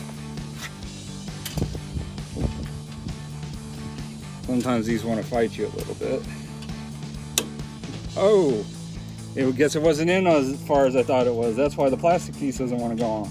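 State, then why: Seated. On a 1999-2013 Silverado 1500 with a Mishimoto performance transmission cooler, a transmission cooler line that wasn't fully in is pushed further into the quick-connect fitting on the cooler. It seats with a sharp, loud click at 7.4 s, over background music and someone talking. The line is seated in the fitting, which kept the black plastic retaining piece from going on before.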